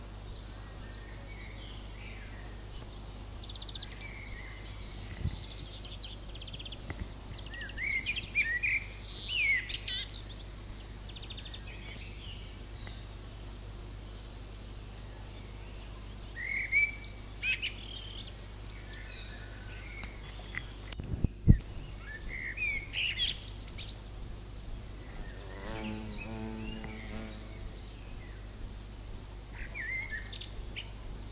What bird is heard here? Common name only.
Common Blackbird